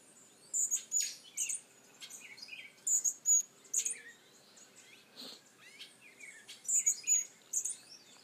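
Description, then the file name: Hummingbird: bursts of high chips at intervals, with varied twittering and whistled notes from other birds between them. "Colibri"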